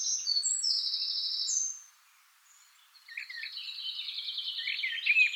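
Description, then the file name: Eurasian blackcap song: a couple of drawn-out clear whistles, a silent pause, then a rapid, rattling warble that builds toward the end. "Sylvia atricapilla"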